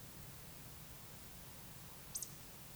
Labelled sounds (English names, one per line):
Eurasian Woodcock whistle
Eurasian Woodcock croak